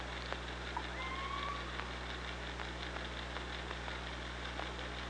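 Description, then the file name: Killer whale call, a thin level whistle-like tone around the first second and a half, with irregular clicks and constant underwater hiss. Recorded by an OrcaLab hydrophone on 24 August 2017 at 05:37:35. "Orca Lab UTLN JASON 20170824 053735"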